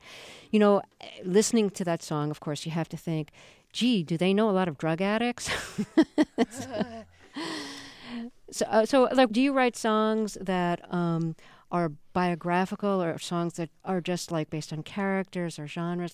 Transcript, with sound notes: You know, listening to that song, of course you have to think: Gee, do they know a lot of drug addicts?
(SOUNDBITE OF LAUGHTER)
So, do you write songs that are biographical or songs that are just, like, based on characters or genres?